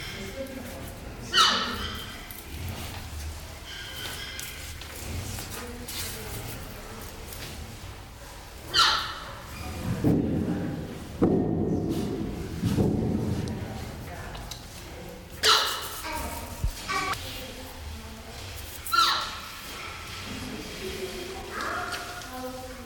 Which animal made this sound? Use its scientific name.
Potamochoerus porcus